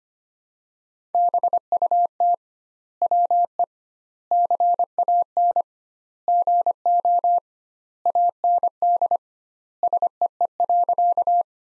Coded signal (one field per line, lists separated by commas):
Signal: Morse code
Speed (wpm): 25 wpm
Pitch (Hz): 700 Hz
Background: none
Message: BUT WE CAN GO AND SEE.